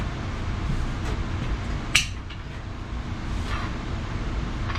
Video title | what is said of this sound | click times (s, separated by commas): How to Build (RUIN) an engine like a pro! Don't Watch! | That's exactly what you want. You actually hear that click? That's the click from the torque wrench you want to hear. | 2.0 s